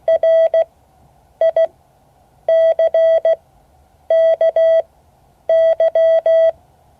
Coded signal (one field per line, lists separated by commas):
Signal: Morse code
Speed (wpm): 16 wpm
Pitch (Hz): 650 Hz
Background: none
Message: RICKY